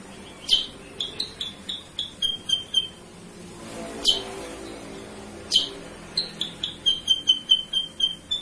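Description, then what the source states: Sooty-headed bulbul song: sharp high chirps in quick series, two runs each opening with a loud note then trailing into repeated tweets, with a lone loud note between. Masteran recording used to train cage birds; called suara pancingan, a lure or prompting sound.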